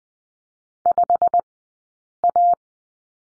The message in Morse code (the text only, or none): 5A